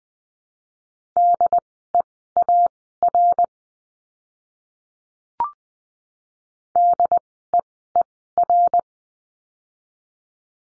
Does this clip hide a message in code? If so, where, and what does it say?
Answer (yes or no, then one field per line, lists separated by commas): yes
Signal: Morse code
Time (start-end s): 1.2-8.8 s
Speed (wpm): 20 wpm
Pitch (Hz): 700 Hz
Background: none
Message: DEAR DEER